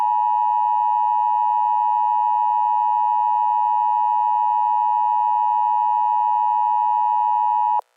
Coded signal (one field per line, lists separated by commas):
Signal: Emergency Alert System (SAME) tones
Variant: 853 and 960 Hz attention tone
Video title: EAS Scenario #16: The Children Disappearences